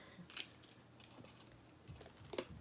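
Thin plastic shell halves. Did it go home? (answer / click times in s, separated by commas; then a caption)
no / none. Two clear plastic halves of a fillable ornament are pressed together to lock into place, but they are not being fitted correctly. Brief, sharp plastic ticks and taps sound at about 0.3, 0.7, 1.0, 1.5, 2.3 and 2.4 s, the loudest near 2.4 s. The halves fail to lock together, and nothing has seated or clicked yet.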